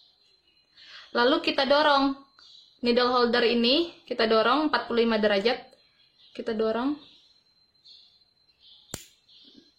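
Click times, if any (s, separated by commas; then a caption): 8.9 s. A scalpel blade is pushed onto a scalpel handle with a needle holder at about 45 degrees while someone talks. A short, sharp click is heard at 8.9 s as the blade seats, showing the blade and handle are now joined.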